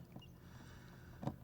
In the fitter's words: And it snaps right in.